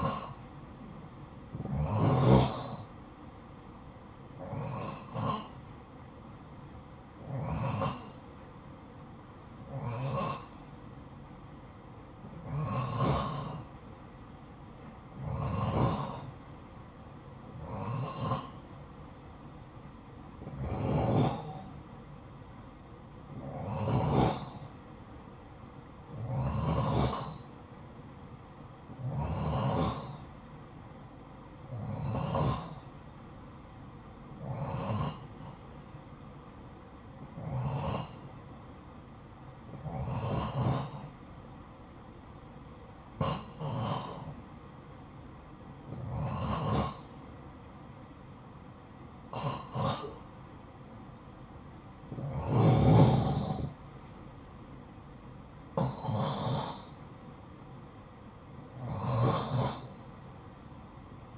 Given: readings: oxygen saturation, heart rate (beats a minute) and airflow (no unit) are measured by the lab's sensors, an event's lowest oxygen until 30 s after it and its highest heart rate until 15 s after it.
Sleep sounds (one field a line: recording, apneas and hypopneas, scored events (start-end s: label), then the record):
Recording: breathing in sleep by a smartphone at the bedside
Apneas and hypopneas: none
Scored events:
none scored
From the record:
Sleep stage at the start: N2 (light sleep)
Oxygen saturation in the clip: 88 to 91%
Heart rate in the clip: 50 to 62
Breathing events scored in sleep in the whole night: 573 in 9.8 hours asleep